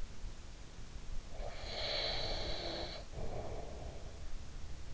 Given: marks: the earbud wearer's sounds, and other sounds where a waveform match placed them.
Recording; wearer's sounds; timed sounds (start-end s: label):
sounds in sleep by an in-ear microphone; breath
0.93-4.51 s: breath